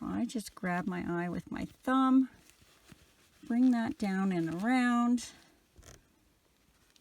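Someone talks while holding a plastic safety eye with a thumb and bringing it down and around on a crocheted toy, lining it up before the back is pressed on. Only faint, brief handling sounds are heard, and nothing has clicked or seated yet.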